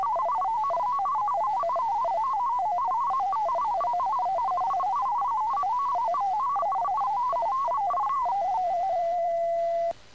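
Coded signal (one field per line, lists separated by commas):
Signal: multi-tone FSK (Olivia or MFSK type)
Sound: fast warbling single tone jumping between pitches, ending on a steady tone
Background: faint steady 2 kHz tone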